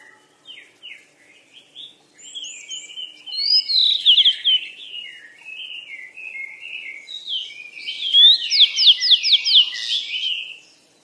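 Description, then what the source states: Bird chirps, short and high, in a busy uneven stream, with rapid trilled bursts of sharp repeated notes near the end. Birds described as playing or frolicking.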